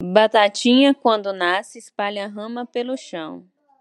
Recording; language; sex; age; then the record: short text; Brazilian Portuguese; female; 30 to 39 years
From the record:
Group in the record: control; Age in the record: 33 years